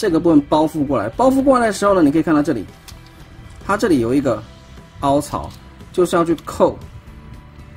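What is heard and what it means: A man talks over background music while handling a Transformers Legacy United Triple Changer Leader Class Sandstorm figure, swinging its plastic nose panel around on a double joint so the panel's slot lines up with a peg on the figure's side. Nothing has seated or clicked yet; the peg has not snapped into the slot.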